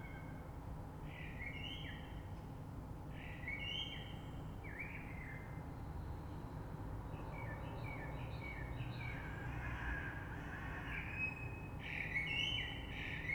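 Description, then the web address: Common blackbird's soft fluted warbling phrases with high twittery endings, quieter and partly masked by a continuous low rumbling background. Recorded 3 March 2020. "oiseaux Rush Merle 3-3-2020"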